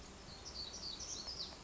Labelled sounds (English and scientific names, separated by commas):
Black-throated Gray Warbler (Setophaga nigrescens)